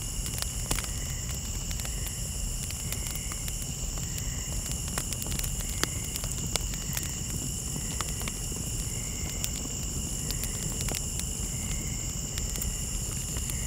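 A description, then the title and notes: A campfire crackles with sharp, irregular pops scattered throughout, over a low, steady rumble. Behind it, a forest night hums with constant high insect drones, and a softer chirping call repeats every couple of seconds. Campfire & Forest Night Sounds.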